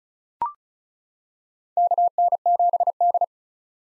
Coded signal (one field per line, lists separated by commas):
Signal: Morse code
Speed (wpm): 34 wpm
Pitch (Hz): 700 Hz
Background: none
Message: KN7D